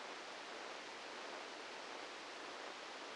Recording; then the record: brain microelectrode recording played as sound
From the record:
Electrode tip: outside the subthalamic nucleus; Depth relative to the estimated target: 4 mm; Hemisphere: left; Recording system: NeuroSet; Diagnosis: Parkinson's disease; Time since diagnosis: 9 years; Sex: male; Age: 61 years